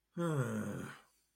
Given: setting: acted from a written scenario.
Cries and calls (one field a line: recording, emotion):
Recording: vocal sound without words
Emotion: disappointment